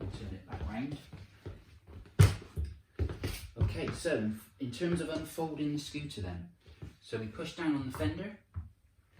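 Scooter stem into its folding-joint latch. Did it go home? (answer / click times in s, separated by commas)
no / none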